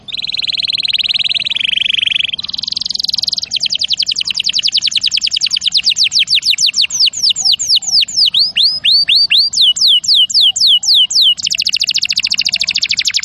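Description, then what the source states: Canary song of buzzy rolls shifting pitch, a long rapid trill that loosens into curved whistled sweeps, then another dense high trill. Champion canary song used as a master recording for training other birds.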